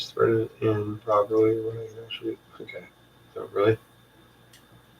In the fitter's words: There we go. Like I always say, if you have problems finding the thread, back it up till it clicks and it'll work.